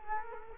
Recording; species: mosquito wingbeat signal from an infrared sensor; Culex quinquefasciatus